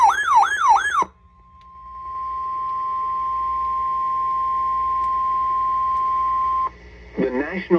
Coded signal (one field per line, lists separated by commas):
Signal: Emergency Alert System (SAME) tones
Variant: 1050 Hz attention tone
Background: speech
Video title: EAS #884 Severe Thunderstorm Warning